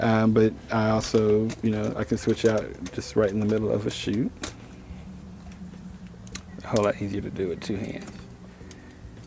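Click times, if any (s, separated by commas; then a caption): 8.7 s. Someone talks, then swaps the interchangeable film back on an RZ67 medium format camera mid-shoot and fits it back onto the camera body. Soft handling sounds follow around 5.5 to 6.4 seconds. A single sharp tick at 8.7 seconds marks the film back locking into place on the body.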